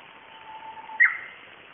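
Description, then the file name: Japanese bush warbler song: a soft, low, level whistle that breaks into one brief, brighter rising flourish. "uguisu"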